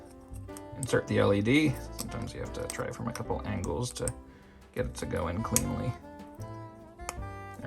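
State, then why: Seated. Someone talks over background music while an LED is pushed into its socket in a 3D-printed plastic ornament after being tried from a couple of angles. A sharp click at 7.1 s marks the LED popping into place, seated.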